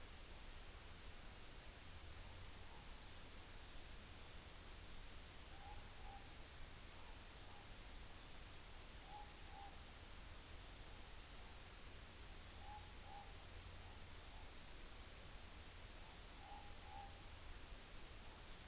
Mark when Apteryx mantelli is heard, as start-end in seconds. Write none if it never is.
none